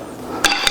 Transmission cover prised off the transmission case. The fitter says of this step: basically you heard it pop loose and